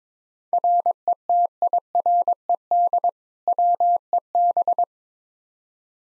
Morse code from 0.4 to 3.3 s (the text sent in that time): RETIRED